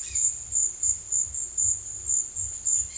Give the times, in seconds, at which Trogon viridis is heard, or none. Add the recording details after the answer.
none. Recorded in secondary vegetation near Puerto Asís, Putumayo, Colombia, on 22 June 2025. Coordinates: 0.488, -76.319. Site G094